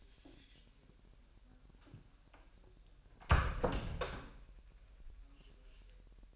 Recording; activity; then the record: daily activity, microphone in the room; close door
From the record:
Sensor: 2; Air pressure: 1001.1 hPa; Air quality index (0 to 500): 250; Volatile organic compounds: 95 ppm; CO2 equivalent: 3722 ppm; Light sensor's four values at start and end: 10/23/9/10 and 9/23/9/9